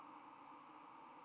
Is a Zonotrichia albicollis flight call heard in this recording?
yes